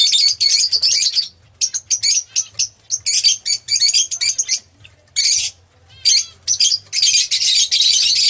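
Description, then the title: Oriental magpie-robin song of loud, harsh, buzzy bursts and rapid chattering phrases, broken by short pauses, with a faint low hum underneath. Chirping song. "Kicau Kacer"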